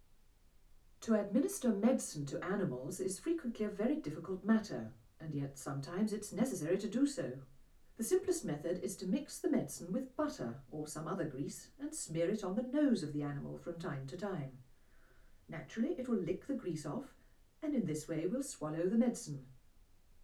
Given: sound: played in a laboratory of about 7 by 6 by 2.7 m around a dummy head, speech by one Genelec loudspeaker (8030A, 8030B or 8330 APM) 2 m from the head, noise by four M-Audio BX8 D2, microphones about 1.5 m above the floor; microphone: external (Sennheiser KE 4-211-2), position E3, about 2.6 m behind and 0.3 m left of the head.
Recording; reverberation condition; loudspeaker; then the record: female speech in English; low; 60 degrees to the right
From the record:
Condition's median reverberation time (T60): about 310 ms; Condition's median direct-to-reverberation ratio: about 3.5 dB